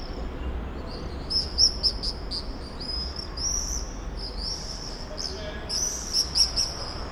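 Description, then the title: Common swift screams, strings of shrill buzzy notes with sharp louder peaks, coming in waves throughout over a quiet hum. Summer evening in a backyard in Bytom, Poland; many swifts circling; recorded with Zoom F4 and AT BP4025. "Zygmunta Starego 3, Bytom, Poland - Backyard swifts"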